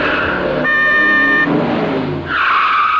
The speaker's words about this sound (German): Zwei Lichter flammten auf, eine Hupe gellte und ein Motor heulte auf. Der Wagen kam auf uns zugerast.